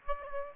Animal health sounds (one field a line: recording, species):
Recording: mosquito wingbeat signal from an infrared sensor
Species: Aedes aegypti